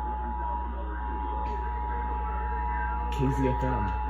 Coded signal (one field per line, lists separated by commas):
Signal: Emergency Alert System (SAME) tones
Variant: 853 and 960 Hz attention tone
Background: speech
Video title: February 2020 Texas Required Monthly Test (EAS# 262-267)